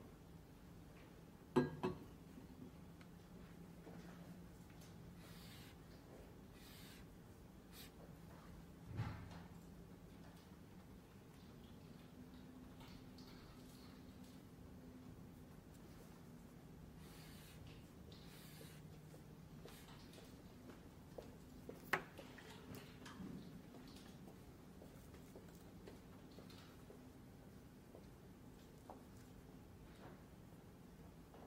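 A quiet library in Glasgow, with a low steady hum under a soft murmur of muffled voices. Scattered small knocks and clicks break the calm, with sharper clatters near 2, 9 and 22 seconds, and otherwise little changes.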